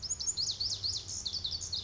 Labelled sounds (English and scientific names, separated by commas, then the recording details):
Pacific Wren (Troglodytes pacificus)
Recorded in Sonoma County, California